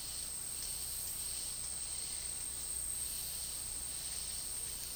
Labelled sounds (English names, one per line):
none